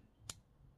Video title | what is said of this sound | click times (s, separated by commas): KNIFE TALK: LOCK GEOMETRY | bam right there locked in place that's what holds it in place | 0.3 s